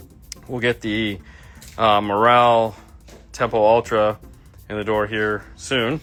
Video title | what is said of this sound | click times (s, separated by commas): a Toyota camry gets big bass | That piece snaps into place here. | 0.3 s